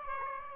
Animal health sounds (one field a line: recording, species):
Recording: mosquito wingbeat signal from an infrared sensor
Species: Aedes aegypti